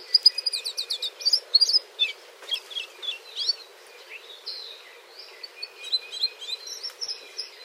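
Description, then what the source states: Anianiau whisper song: a soft, rambling string of varied high chips, slurs and short trills. Soft, sweet whisper songs, less imitative than those of Amakihi or Akeke'e, uttered from inconspicuous perches.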